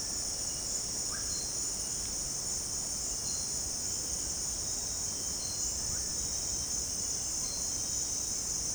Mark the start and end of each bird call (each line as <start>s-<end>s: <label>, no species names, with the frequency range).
1.08s-1.25s: bird call (0.8-2.0 kHz)